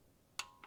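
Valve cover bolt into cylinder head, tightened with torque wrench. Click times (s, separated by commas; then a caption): 0.4 s. A torque wrench tightens another rear valve cover bolt into the cylinder head and gives one sharp click at 0.4 s, with a fainter short tick at 0.6 s. The wrench reaches its setting, and the bolt is confirmed torqued.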